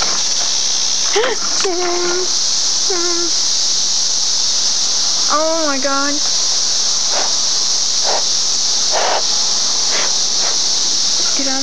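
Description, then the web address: Cicadas keeping up an unbroken high shrill drone, with scattered short whistled, bending notes and brief clicks throughout. Recorded in June 2004. "fleur cicadas"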